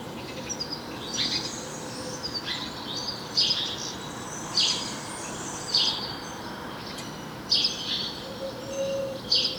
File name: Passer domesticus